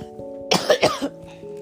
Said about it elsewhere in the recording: I had a bad cold so please ignore the coughing. Every time I talk too much, I get into like the worst coughing spells. This cough has been horrible today. That's been like the main factor, is like the cough that I've had to deal with.